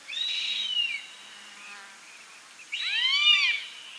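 Bird song: two bright, harmonic phrases arching and sliding downward, the second ringing with several stacked overtones after a brief pause.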